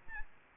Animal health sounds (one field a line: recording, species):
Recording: mosquito wingbeat signal from an infrared sensor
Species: Aedes albopictus